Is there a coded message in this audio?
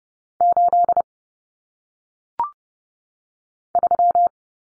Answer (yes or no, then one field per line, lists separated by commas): yes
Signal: Morse code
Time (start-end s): 0.4-4.3 s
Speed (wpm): 30 wpm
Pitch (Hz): 700 Hz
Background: none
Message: 8 3